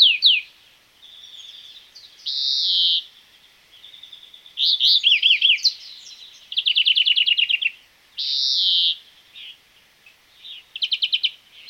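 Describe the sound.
European greenfinch song: high, varied phrases of rapid twittering trills, a buzzy wheeze and short chattering bursts, switching every second or so, clean background.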